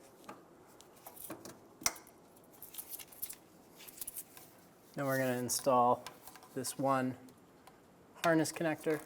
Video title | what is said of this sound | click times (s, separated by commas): How to Replace Electric Fuel Pump 2000-2006 Toyota Tundra | Push until you hear a click. | 1.9 s